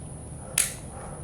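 A second replacement scrubbing brush for a Zodiac MX8 Elite pool cleaner is squeezed at its yellow sides and pushed onto the cleaner's brush drum from the bottom. One sharp snap at 0.6 s shows the brush has seated on the drum, over a steady high-pitched hiss.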